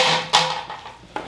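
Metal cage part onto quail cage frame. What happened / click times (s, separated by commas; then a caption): The metal cage panel pushed on and locked into place / 0.4 s. A pre-hooked metal part of a wire quail cage is pushed onto the cage frame and locks into place with a sharp metallic hit at 0.3 s. A quieter, brief hit follows at 1.2 s. The part is seated.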